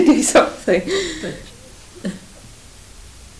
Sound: laughs

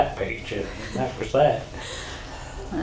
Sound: laughs

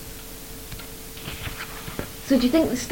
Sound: turns pages

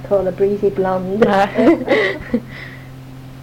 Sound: laughter

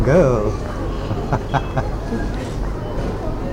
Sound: laughs

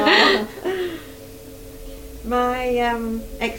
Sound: laughs

